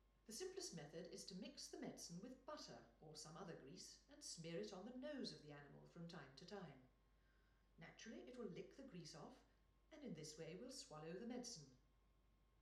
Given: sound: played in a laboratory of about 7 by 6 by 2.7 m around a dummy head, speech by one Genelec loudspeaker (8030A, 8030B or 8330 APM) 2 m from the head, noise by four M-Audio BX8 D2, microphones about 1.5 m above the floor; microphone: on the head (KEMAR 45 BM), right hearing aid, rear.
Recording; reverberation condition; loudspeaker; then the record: female speech in English; medium; 120 degrees to the right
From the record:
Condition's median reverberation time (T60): about 510 ms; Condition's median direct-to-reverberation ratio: about -0.5 dB